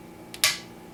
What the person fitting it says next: we hear that click we know we got it screwed in at the 15 pounds